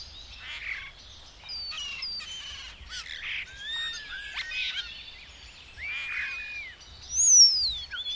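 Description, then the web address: Bird song: a varied stream of short chirps, slurred whistles and trills, ending in a loud high descending whistle. "madarak enek"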